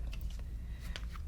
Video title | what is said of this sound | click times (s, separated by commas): Planet Eclipse Geo CS2/1.5/1 Rear Rubber Grips - Modification/Install | the body right here it won't actually get up into position and it won't lock in it just sticks | none